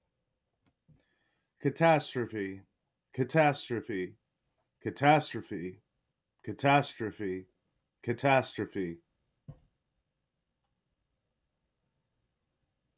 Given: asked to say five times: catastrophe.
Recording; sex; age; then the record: repeated word; male; 30 to 39 years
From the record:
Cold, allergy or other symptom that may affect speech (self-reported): no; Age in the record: 38 years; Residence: United States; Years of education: 16